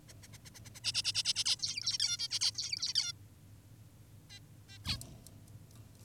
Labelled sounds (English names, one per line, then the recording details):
Zebra Finch
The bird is an adult
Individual g19o10U